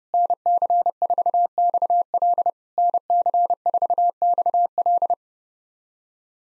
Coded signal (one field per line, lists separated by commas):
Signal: Morse code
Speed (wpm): 30 wpm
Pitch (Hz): 700 Hz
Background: none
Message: NC4XL NC4XL